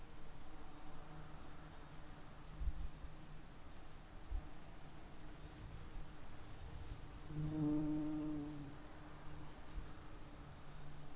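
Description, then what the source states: Bees humming in a low buzz, swelling louder for a moment near the end before settling back into the steady drone. Bees, recorded close.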